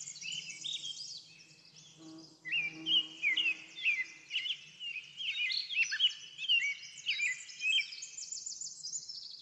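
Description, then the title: Bird song, a chorus of whistled rising and falling notes and chirps, with a faint low hum beneath. Backyard. "Backyard Birds - Ambient Nature Bird Sounds"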